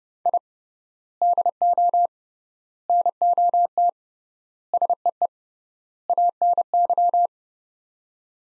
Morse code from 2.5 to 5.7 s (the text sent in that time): NOT SEE